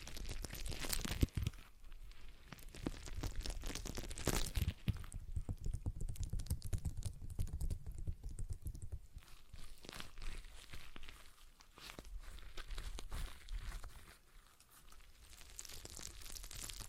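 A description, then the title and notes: A stress ball is squeezed and worked, giving soft crinkling, crunching rustles that come in dense, irregular bursts throughout. Sharper clicks and snaps stand out near the start and around four seconds. A low rumble swells in the middle, then the handling thins and quiets toward the end. ASMR Relaxing Stress Ball Sounds (No Talking).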